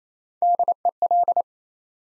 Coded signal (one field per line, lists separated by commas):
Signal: Morse code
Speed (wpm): 29 wpm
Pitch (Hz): 700 Hz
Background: none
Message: DEL